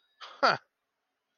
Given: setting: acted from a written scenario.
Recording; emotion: vocal sound without words; amusement